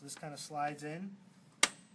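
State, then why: Seated. A power supply is slid into its bay in a tool-less desktop PC case while someone talks, and a sharp latching click sounds at 1.6 s. The click shows the power supply has seated and is held secure in the case.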